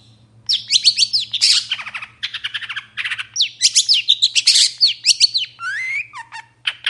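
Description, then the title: Long-tailed Shrike song: varied, fast medley of sweeping whistles, harsh rasps and chirps, with a rising-falling whistled phrase near the end. Long-tailed shrike (cendet) singing readily in the morning with many varied sounds. "Cendet Gacor Dor Di Kala Pagi Toet Toet Variasi Suara"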